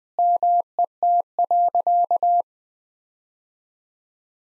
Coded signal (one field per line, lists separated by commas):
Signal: Morse code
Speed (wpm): 19 wpm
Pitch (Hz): 700 Hz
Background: none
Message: MET.